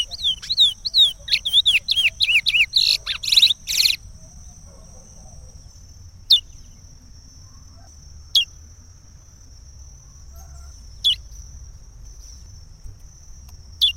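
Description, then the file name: Chestnut-bellied seed finch song: quick run of clear, slurred whistled notes for four seconds, then single sharp notes every two to three seconds over a steady high whine. "canto do curio"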